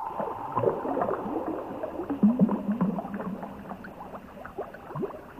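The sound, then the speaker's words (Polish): Ambient electronic music played on Polish Radio Program Three (Trójka): smeared, drifting low tones layered under bubbly, gurgling textures and scattered soft pops, steady and moderately quiet throughout with no voices. “Obydwaj w ambientalnej sekwencji dźwiękowych smug i bulgotów.”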